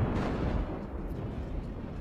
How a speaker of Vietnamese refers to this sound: Bất ngờ ở trên thiên không, có một tiếng sấm vang vọng đùng đùng xuống. Trong khi trời vẫn đang quang, trăng vẫn đang sáng.